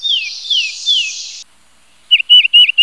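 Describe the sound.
Titmouse calls: three clear whistles sliding downward over a steady hiss, then a short pause and a quick run of several bright whistled notes.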